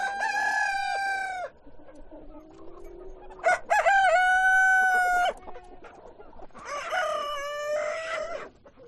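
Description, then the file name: Chicken crowing: three long harmonic rooster crows, one after another, with softer calls in the gaps. Chickens on a chicken farm. "west wolf Chicken farm"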